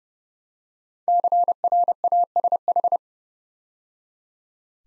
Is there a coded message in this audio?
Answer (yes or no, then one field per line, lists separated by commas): yes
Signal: Morse code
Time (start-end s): 1.1-3.0 s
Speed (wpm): 30 wpm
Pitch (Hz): 700 Hz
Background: none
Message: CRASH